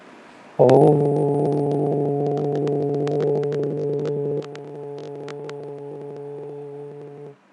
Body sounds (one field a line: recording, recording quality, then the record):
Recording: sustained vowel as in boot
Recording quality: moderate, slight background noise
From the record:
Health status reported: healthy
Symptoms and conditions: none ticked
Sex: male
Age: 37 years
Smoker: not ticked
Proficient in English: yes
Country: India